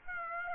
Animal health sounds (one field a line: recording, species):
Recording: mosquito wingbeat signal from an infrared sensor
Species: Aedes aegypti